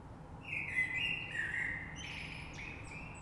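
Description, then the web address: Common blackbird song, a short run of rich flute-like notes followed by softer twittering, with a low steady hum behind. Recorded 3 March 2020. "oiseaux Rush Merle 3-3-2020"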